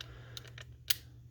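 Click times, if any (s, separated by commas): 0.9 s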